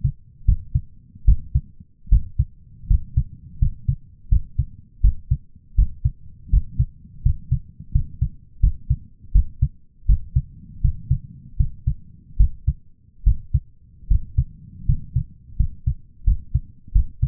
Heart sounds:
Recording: heart sounds by stethoscope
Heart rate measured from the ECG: 80 bpm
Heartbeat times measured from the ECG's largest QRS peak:
0.45 s: heartbeat
1.25 s: heartbeat
2.09 s: heartbeat
2.88 s: heartbeat
3.59 s: heartbeat
4.29 s: heartbeat
5.01 s: heartbeat
5.75 s: heartbeat
6.50 s: heartbeat
7.23 s: heartbeat
7.92 s: heartbeat
8.60 s: heartbeat
9.32 s: heartbeat
10.06 s: heartbeat
10.81 s: heartbeat
11.57 s: heartbeat
12.37 s: heartbeat
13.24 s: heartbeat
14.08 s: heartbeat
14.86 s: heartbeat
15.57 s: heartbeat
16.24 s: heartbeat
16.93 s: heartbeat
From the record:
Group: healthy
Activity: rest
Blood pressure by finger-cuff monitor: 170/119 mmHg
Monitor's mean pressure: 129 mmHg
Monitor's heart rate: 81 bpm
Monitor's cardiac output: 6.5 L/min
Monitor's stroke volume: 80 mL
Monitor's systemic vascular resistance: 1520 dyn s/cm5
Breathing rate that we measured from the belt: 16 breaths a minute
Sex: male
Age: 23 years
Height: 179 cm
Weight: 87 kg

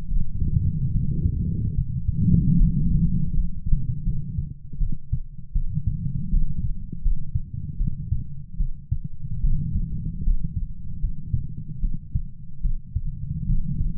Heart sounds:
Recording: heart sounds by stethoscope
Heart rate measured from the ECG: 76 bpm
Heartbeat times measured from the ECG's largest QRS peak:
0.07 s: heartbeat
0.90 s: heartbeat
1.74 s: heartbeat
2.56 s: heartbeat
3.32 s: heartbeat
4.02 s: heartbeat
4.77 s: heartbeat
5.51 s: heartbeat
6.29 s: heartbeat
7.01 s: heartbeat
7.76 s: heartbeat
8.56 s: heartbeat
9.40 s: heartbeat
10.22 s: heartbeat
10.99 s: heartbeat
11.79 s: heartbeat
12.61 s: heartbeat
13.45 s: heartbeat
From the record:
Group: healthy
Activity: rest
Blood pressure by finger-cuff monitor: 87/51 mmHg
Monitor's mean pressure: 66 mmHg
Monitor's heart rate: 75 bpm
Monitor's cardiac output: 6.8 L/min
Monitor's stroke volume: 89 mL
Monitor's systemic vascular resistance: 690 dyn s/cm5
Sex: female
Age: 26 years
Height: 165 cm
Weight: 55 kg

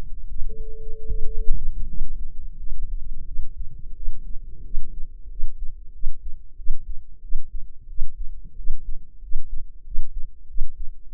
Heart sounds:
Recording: heart sounds by microphone in the left ear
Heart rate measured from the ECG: 89 bpm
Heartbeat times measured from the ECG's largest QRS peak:
0.26 s: heartbeat
1.04 s: heartbeat
1.84 s: heartbeat
2.54 s: heartbeat
3.22 s: heartbeat
3.92 s: heartbeat
4.60 s: heartbeat
5.26 s: heartbeat
5.90 s: heartbeat
6.54 s: heartbeat
7.19 s: heartbeat
7.85 s: heartbeat
8.53 s: heartbeat
9.18 s: heartbeat
9.82 s: heartbeat
10.45 s: heartbeat
11.09 s: heartbeat
From the record:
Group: healthy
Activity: cold pressor test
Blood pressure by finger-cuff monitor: 121/63 mmHg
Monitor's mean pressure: 82 mmHg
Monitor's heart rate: 90 bpm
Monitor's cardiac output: 8.8 L/min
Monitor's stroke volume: 100 mL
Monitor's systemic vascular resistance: 650 dyn s/cm5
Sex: female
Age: 23 years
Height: 160 cm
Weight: 50.4 kg

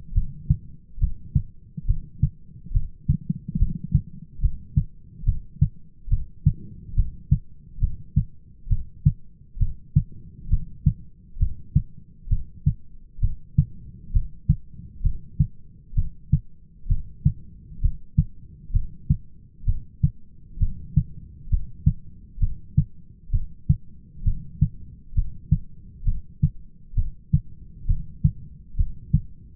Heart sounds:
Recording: heart sounds by stethoscope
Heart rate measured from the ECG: 67 bpm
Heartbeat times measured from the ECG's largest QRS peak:
0.15 s: heartbeat
1.01 s: heartbeat
1.88 s: heartbeat
2.74 s: heartbeat
3.60 s: heartbeat
4.43 s: heartbeat
5.27 s: heartbeat
6.11 s: heartbeat
6.97 s: heartbeat
7.82 s: heartbeat
8.71 s: heartbeat
9.60 s: heartbeat
10.51 s: heartbeat
11.41 s: heartbeat
12.31 s: heartbeat
13.22 s: heartbeat
14.14 s: heartbeat
15.04 s: heartbeat
15.97 s: heartbeat
16.90 s: heartbeat
17.83 s: heartbeat
18.74 s: heartbeat
19.67 s: heartbeat
20.61 s: heartbeat
21.51 s: heartbeat
22.41 s: heartbeat
23.33 s: heartbeat
24.26 s: heartbeat
25.16 s: heartbeat
26.06 s: heartbeat
26.97 s: heartbeat
27.88 s: heartbeat
28.78 s: heartbeat
From the record:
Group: heart failure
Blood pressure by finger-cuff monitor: 128/89 mmHg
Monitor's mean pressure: 104 mmHg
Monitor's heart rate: 66 bpm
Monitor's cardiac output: 6.2 L/min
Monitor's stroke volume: 94 mL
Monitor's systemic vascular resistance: 1240 dyn s/cm5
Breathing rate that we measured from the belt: 17 breaths a minute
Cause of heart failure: idiopathic cardiomyopathy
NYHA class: 1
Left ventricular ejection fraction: 50%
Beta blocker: bisoprolol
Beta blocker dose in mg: 5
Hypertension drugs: candesartan, spironolactone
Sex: male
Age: 54 years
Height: 180 cm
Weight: 94.6 kg

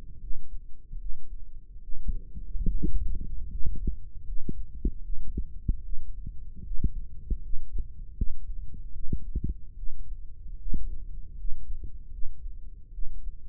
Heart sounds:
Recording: heart sounds by microphone in the right ear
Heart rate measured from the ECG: 75 bpm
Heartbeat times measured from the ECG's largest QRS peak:
0.18 s: heartbeat
0.97 s: heartbeat
1.80 s: heartbeat
2.66 s: heartbeat
3.48 s: heartbeat
4.23 s: heartbeat
5.01 s: heartbeat
5.81 s: heartbeat
6.62 s: heartbeat
7.40 s: heartbeat
8.13 s: heartbeat
8.91 s: heartbeat
9.74 s: heartbeat
10.57 s: heartbeat
11.35 s: heartbeat
12.09 s: heartbeat
12.90 s: heartbeat
From the record:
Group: healthy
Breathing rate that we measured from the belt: 16 breaths a minute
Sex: female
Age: 22 years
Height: 160 cm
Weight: 63 kg

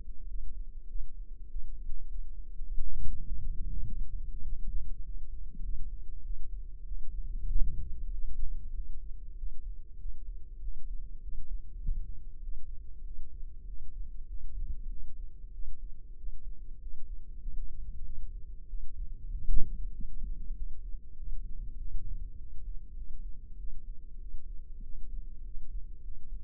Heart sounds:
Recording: heart sounds by microphone in the left ear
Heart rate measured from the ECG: 98 bpm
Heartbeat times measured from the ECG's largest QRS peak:
0.27 s: heartbeat
0.87 s: heartbeat
1.48 s: heartbeat
2.07 s: heartbeat
2.63 s: heartbeat
3.25 s: heartbeat
3.85 s: heartbeat
4.44 s: heartbeat
5.03 s: heartbeat
5.62 s: heartbeat
6.22 s: heartbeat
6.84 s: heartbeat
7.47 s: heartbeat
8.11 s: heartbeat
8.72 s: heartbeat
9.35 s: heartbeat
9.97 s: heartbeat
10.60 s: heartbeat
11.20 s: heartbeat
11.77 s: heartbeat
12.40 s: heartbeat
13.02 s: heartbeat
13.65 s: heartbeat
14.26 s: heartbeat
14.88 s: heartbeat
15.51 s: heartbeat
16.16 s: heartbeat
16.79 s: heartbeat
17.39 s: heartbeat
18.03 s: heartbeat
18.66 s: heartbeat
19.30 s: heartbeat
19.91 s: heartbeat
20.54 s: heartbeat
21.15 s: heartbeat
21.77 s: heartbeat
22.36 s: heartbeat
22.94 s: heartbeat
23.56 s: heartbeat
24.18 s: heartbeat
24.81 s: heartbeat
25.43 s: heartbeat
26.01 s: heartbeat
From the record:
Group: healthy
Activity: rest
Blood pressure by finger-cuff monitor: 109/75 mmHg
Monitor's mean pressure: 86 mmHg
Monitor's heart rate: 97 bpm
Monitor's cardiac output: 7.8 L/min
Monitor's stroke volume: 80 mL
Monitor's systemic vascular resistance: 800 dyn s/cm5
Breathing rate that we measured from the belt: 21 breaths a minute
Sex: female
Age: 19 years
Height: 163 cm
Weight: 51 kg

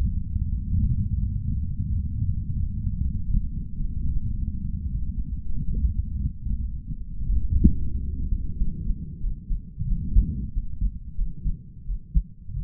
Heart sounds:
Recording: heart sounds by stethoscope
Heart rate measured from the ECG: 89 bpm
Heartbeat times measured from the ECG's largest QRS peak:
0.45 s: heartbeat
1.17 s: heartbeat
1.87 s: heartbeat
2.55 s: heartbeat
3.23 s: heartbeat
3.91 s: heartbeat
4.60 s: heartbeat
5.25 s: heartbeat
5.91 s: heartbeat
6.57 s: heartbeat
7.22 s: heartbeat
7.88 s: heartbeat
8.54 s: heartbeat
9.19 s: heartbeat
9.84 s: heartbeat
10.50 s: heartbeat
11.14 s: heartbeat
11.83 s: heartbeat
12.60 s: heartbeat
From the record:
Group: healthy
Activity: Valsalva maneuver 0-8 s, rest 8-13 s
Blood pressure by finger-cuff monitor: 86/63 mmHg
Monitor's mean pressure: 69 mmHg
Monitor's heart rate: 87 bpm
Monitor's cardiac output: 5.1 L/min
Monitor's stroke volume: 56 mL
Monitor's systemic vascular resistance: 710 dyn s/cm5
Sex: male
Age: 22 years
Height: 181 cm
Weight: 60 kg

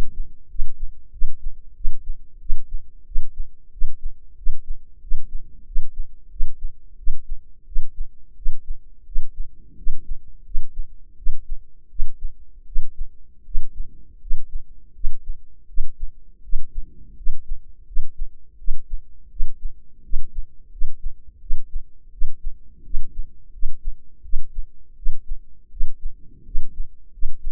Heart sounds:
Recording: heart sounds by microphone in the left ear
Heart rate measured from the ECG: 86 bpm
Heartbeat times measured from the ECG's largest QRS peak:
0.48 s: heartbeat
1.11 s: heartbeat
1.74 s: heartbeat
2.39 s: heartbeat
3.05 s: heartbeat
3.71 s: heartbeat
4.36 s: heartbeat
5.00 s: heartbeat
5.65 s: heartbeat
6.29 s: heartbeat
6.96 s: heartbeat
7.65 s: heartbeat
8.35 s: heartbeat
9.05 s: heartbeat
9.76 s: heartbeat
10.43 s: heartbeat
11.16 s: heartbeat
11.88 s: heartbeat
12.65 s: heartbeat
13.44 s: heartbeat
14.19 s: heartbeat
14.93 s: heartbeat
15.66 s: heartbeat
16.42 s: heartbeat
17.15 s: heartbeat
17.85 s: heartbeat
18.57 s: heartbeat
19.29 s: heartbeat
20.02 s: heartbeat
20.70 s: heartbeat
21.39 s: heartbeat
22.10 s: heartbeat
22.83 s: heartbeat
23.51 s: heartbeat
24.22 s: heartbeat
24.95 s: heartbeat
25.69 s: heartbeat
26.44 s: heartbeat
27.11 s: heartbeat
From the record:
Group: healthy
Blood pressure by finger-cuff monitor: 104/60 mmHg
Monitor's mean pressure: 74 mmHg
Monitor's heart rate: 85 bpm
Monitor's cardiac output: 7.3 L/min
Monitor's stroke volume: 87 mL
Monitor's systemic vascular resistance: 720 dyn s/cm5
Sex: female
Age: 22 years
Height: 157 cm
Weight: 47.6 kg

